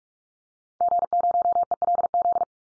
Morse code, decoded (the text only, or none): G0ELZ